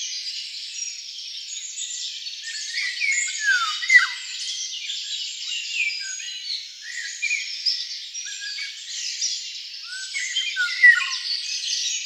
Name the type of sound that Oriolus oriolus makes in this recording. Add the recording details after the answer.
song. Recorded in the wild. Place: Oberrotweil am Kaiserstuhl, Baden-Württemberg, DE. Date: 1995-05-06. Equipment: Dat-Recorder Casio DA 7, Telinga DAT, Telinga-Parabolspiegel. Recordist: Schwarz, Dieter